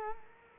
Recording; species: mosquito wingbeat signal from an infrared sensor; Culex quinquefasciatus